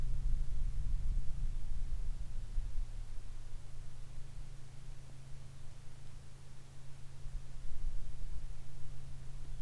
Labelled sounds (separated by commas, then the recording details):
songbird, rain, aircraft
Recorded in the Arctic National Wildlife Refuge, Alaska, on 22 July 2019 at 15:38
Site 41